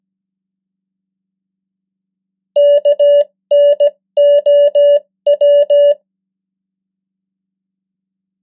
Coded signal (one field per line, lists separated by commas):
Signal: Morse code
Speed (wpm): 17 wpm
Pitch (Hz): 580 Hz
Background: none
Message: KNOW